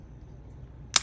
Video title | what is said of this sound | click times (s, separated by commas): Tune-Up, Build and Review of the Original Tyco Super 630! | That just snaps in place, | 1.0 s